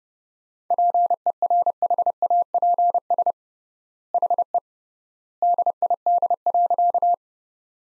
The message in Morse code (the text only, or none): PERHAPS HE DID.